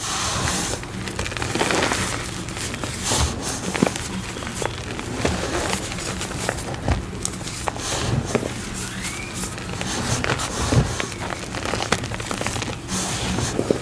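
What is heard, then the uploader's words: Crisp crunching and crumbling as dyed chalk and cornstarch pieces are handled and broken, with dense clicks and sharper snaps scattered throughout. A steady low hum runs underneath. Making Citric Acid Dyed Chalk & Cornstarch Crunchies.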